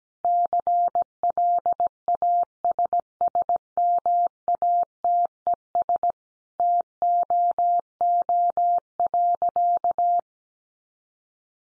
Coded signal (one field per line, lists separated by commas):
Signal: Morse code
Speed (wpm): 17 wpm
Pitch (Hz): 700 Hz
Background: none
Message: CLASSMATES TOO.